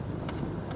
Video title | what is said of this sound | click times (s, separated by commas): Gen2 Prius Invertor Pump replacment Minimum fluid loss. kitten friendly | that click will tell you that you got it | 0.3 s